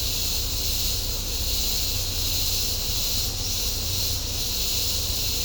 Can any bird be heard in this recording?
no